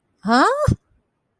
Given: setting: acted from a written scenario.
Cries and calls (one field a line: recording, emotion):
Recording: vocal sound without words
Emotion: confusion